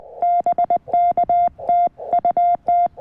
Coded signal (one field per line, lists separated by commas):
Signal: Morse code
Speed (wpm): 20 wpm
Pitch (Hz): 3500 Hz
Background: none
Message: BK TU T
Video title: QRP CW POTA Activation at US-0548 | CFT1 5-Band Transceiver & Packtenna Setup